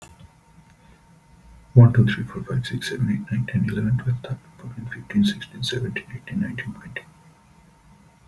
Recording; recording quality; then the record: counting at a fast pace; excellent, no background noise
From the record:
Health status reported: healthy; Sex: male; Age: 32 years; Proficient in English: yes